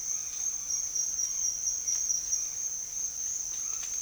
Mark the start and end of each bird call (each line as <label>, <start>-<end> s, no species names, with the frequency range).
bird call (0.8-4.5 kHz), 0.01-3.87 s